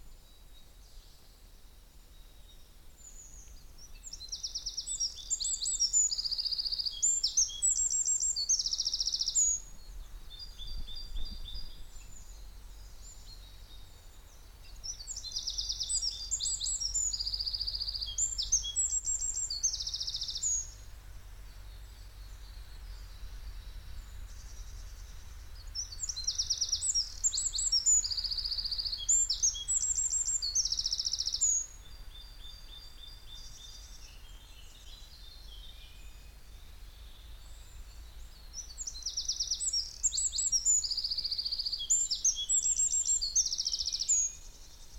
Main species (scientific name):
Troglodytes troglodytes